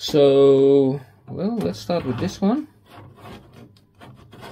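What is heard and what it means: An SSD is picked up and lined up against a plastic drive mounting slat in a PC case, producing quiet rubbing and sliding sounds after someone talks. Nothing has clicked or seated in the slat yet.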